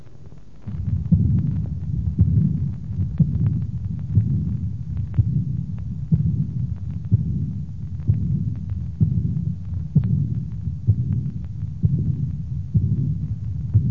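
Heart by stethoscope, about 64 beats per minute. Aortic regurgitation diastolic murmur of the less common kind, rougher in character and longer in duration than the usual soft, blowing early diastolic murmur.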